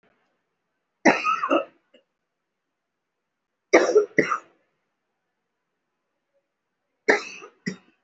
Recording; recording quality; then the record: shallow voluntary cough; excellent, no background noise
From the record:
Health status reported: respiratory illness, not identified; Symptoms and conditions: cough, cold, breathing difficulty, sore throat, fatigue, muscle pain, pneumonia, another respiratory illness, another condition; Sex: female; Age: 52 years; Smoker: no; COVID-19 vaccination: one dose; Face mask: worn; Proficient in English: no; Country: India